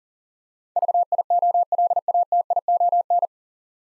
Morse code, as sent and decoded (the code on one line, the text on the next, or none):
...- .. --- .-.. .- - .. --- -.
VIOLATION